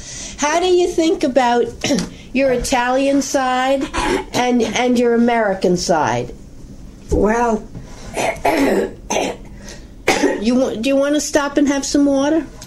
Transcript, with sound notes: How do you think about your Italian side and your American side?
Well (clears throat)
Do you want to stop and have some water?